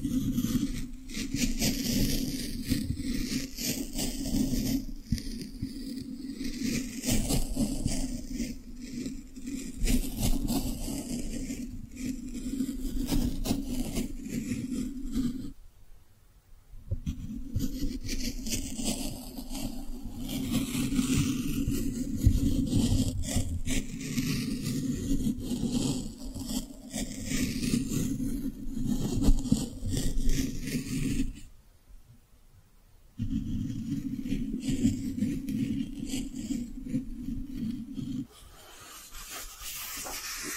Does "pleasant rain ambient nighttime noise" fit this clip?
no